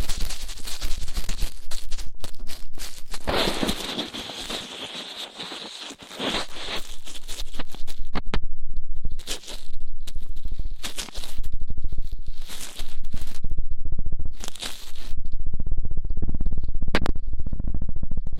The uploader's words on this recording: ASMR Rough Ear Cleaning (No Talking).